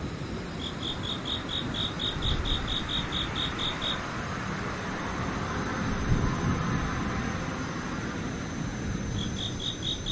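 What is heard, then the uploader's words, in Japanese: An insect, likely a cicada, chirps in a fast, even string of high pulses for the first four seconds, then returns near the end. Beneath it runs a steady, dense hiss like rain, with a low rumble throughout. 雨ムシセミ無音。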